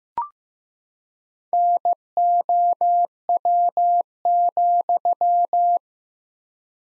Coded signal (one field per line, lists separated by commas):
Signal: Morse code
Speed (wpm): 15 wpm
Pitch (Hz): 700 Hz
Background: none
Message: NOW,